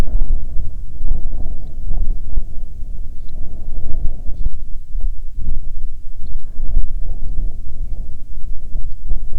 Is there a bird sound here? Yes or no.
yes